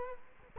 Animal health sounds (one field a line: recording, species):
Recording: mosquito wingbeat signal from an infrared sensor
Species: Culex quinquefasciatus